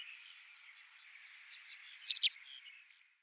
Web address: Schulze Peter Short-toed Lark calls